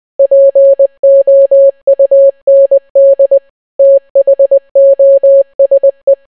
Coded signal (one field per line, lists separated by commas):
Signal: Morse code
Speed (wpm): 20 wpm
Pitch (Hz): 550 Hz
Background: none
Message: POUND THOSE